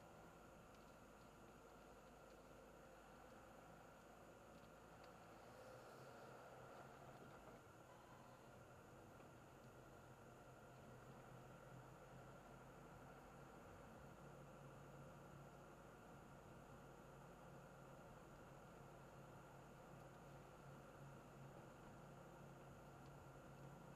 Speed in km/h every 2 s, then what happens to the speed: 23, 23, 28, 33, 32, 36, 37, 38, 38, 38, 38, 38.
0-11 speeds up to 37. 11-24 steady at about 38.